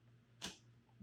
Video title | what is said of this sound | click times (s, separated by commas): Stihl MS362C Seasonal Cleanup Part 2, Deep Clean | turn it back in until it clicks all right | 0.4 s